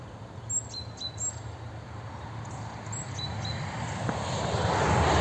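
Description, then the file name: Great tit calls: thin high notes each followed by a lower note, repeated several times, over steady low rumble that swells toward the end. "Parus major"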